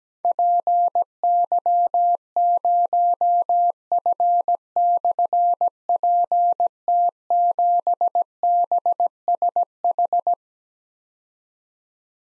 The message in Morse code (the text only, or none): PY0F/PT7BSH